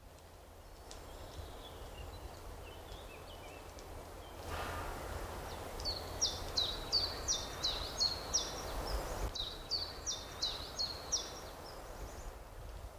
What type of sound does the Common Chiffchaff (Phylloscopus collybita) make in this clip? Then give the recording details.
song. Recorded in the wild. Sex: male. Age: adult. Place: Mühlenbecker Land, OT Summt, Brandenburg, DE. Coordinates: 52.6928, 13.3553. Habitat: forest. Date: 1988-04-17 15:21. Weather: 16-18°C. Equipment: Sony WM-D6C, Sony ECM-939 LT, Kopie 19 cm. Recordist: Tembrock, Günter